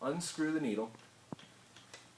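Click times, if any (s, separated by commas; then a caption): 1.3 s. Someone talks while the reversed end of the spray gun tool, seated in the slot of a Graco Spray Station paint spray gun's brass fluid needle, is turned like a screwdriver to unscrew it. A sharp little click sounds at 1.3 s as the needle releases, followed by a few faint ticks.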